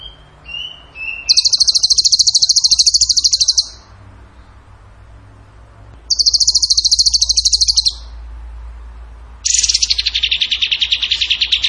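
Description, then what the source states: Bird song: rapid buzzy trills of fast repeated notes, the first two high and level, the last lower and slightly falling, separated by pauses of about two seconds. Masteran (training recording) for songbirds in the tembakan gacor style.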